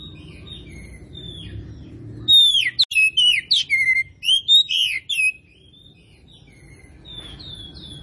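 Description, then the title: Oriental magpie-robin giving one rich burst of slurred whistles and chips, with quiet background before and after. Singing actively (gacor); Tretes. "Kacer Tretes"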